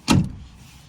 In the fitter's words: just have to lift up and it'll click.